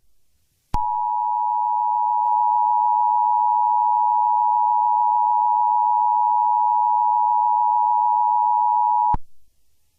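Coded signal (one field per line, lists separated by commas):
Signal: Emergency Alert System (SAME) tones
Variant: 853 and 960 Hz attention tone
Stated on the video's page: Fictional EAS scenario, not a real broadcast.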